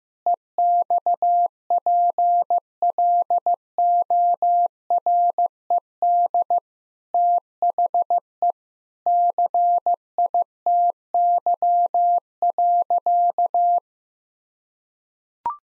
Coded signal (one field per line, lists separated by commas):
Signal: Morse code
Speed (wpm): 15 wpm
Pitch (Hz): 700 Hz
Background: none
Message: EXPLORED THE CITY.